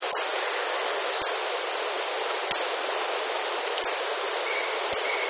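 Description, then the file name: Japanese yellow bunting call notes: five short, very high, sharp ticks spaced a little over a second apart, over a steady rushing noise like running water. "nojiko"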